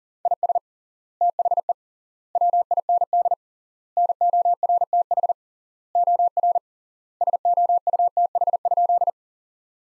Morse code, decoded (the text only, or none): IS THE WIND NORTH OR SOUTH?